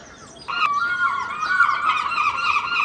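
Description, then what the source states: Gull call, a loud drawn-out harmonic wail that starts abruptly and holds steady for over two seconds, wavering slightly in pitch, with faint background hiss. Early morning, Filey, April 2023; recorded from a second-storey window with Clippy microphones and a Roland R-07.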